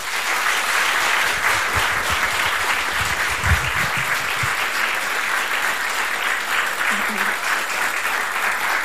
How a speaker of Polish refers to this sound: Proszę Państwa, są tutaj z nami na sali działacze Fundacji Nasze Dzieci i myślę, że największe, naprawdę gigantyczne, ogromne brawa im za ich codzienną pracę na rzecz dzieci się należą. Wielkie brawa.